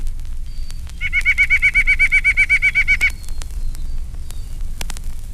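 White-breasted Nuthatch song: a fast, even run of nasal notes lasting about two seconds, then quiet.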